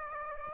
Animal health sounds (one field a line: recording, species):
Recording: mosquito wingbeat signal from an infrared sensor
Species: Aedes aegypti